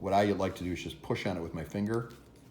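Someone talks while a plastic vortexing nozzle assembly sits partly engaged on the nozzle track of an OMNIfogUSA Patriot fogger, about to be pushed home with a finger. Nothing has seated or clicked yet; only speech is heard.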